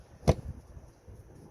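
On a 2012 Toyota RAV4 with the four-cylinder 2.5 engine, the air filter box lid is slid into place and its rear latch snaps closed at 0.3 s. The snap is a single sharp, bright click, followed by a softer low thump just after, then quiet. The latch is heard seating.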